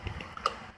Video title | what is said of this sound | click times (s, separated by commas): MK4 GTI 1.8t intake manifold, exhaust manifold, breather hose install | process like the intake manifold once you hear click go to the next one | 0.5 s